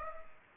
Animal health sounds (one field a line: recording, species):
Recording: mosquito wingbeat signal from an infrared sensor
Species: Culex pipiens